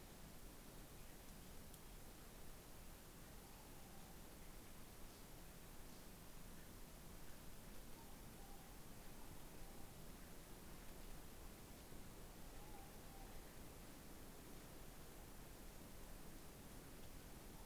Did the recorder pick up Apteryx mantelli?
no